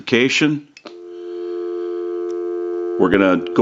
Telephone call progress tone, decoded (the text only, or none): dial tone